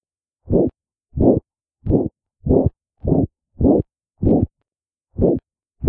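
A dog's heart heard through a stethoscope, with a mitral regurgitation murmur.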